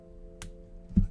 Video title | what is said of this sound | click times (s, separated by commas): #5below Fineliner pens - Is it Worth it? -Five Below #inkingpens Artist PRODUCT REVIEW | got a nice little snap to it | 0.4 s